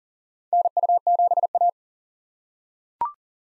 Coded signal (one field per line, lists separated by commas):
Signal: Morse code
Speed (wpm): 40 wpm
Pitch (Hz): 700 Hz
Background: none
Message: NU7A